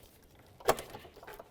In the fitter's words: Go ahead and slide that right in, listen for a click.